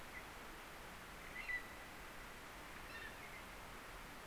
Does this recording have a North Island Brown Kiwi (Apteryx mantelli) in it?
no